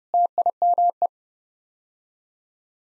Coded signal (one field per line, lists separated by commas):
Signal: Morse code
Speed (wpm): 30 wpm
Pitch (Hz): 700 Hz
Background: none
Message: TIME